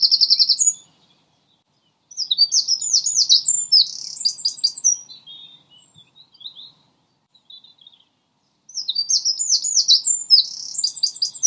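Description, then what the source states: Common nightingale song, bursts of rapid high chattering trills and clicks, each phrase a few seconds long, separated by short silent pauses. Lodge Hill; the recording's title names nightingales in the plural.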